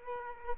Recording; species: mosquito wingbeat signal from an infrared sensor; Culex quinquefasciatus